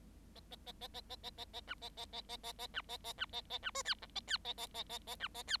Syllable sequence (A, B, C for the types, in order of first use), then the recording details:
A A A A A A A A A B A A A A A A B A A B A A B C D E A D A A A A A B A D. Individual Bird7